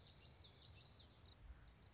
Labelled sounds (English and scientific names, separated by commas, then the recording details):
Common Yellowthroat (Geothlypis trichas)
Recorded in Sonoma County, California